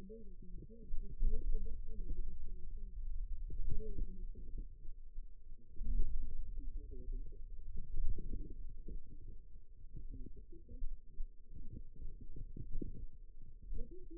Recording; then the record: forearm muscle sounds (acoustic myography)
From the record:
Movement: pen grasping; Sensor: system 2, bracelet of six BSWA MPA416 microphones around the upper forearm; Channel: 4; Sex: female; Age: 21 years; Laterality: right